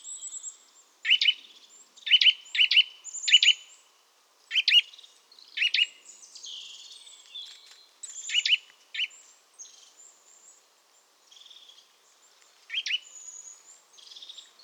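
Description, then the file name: Eurasian nuthatch uttering loud, sharp chirps in irregular bursts, interspersed with higher thin twitters and pauses. "Sitta europaea"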